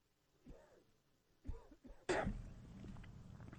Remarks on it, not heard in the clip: It sounds like you're going to the hospital. You're coughing up a lung over here.